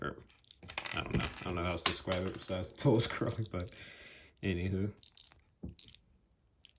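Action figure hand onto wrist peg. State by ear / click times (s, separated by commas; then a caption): seated / 5.8 s. Someone talks while a swappable curled plastic hand is fitted onto the wrist peg of an S.H. Figuarts Full Power Frieza action figure. The hand snaps into place at 5.8 s, followed by a couple of faint small clicks, and it is seated.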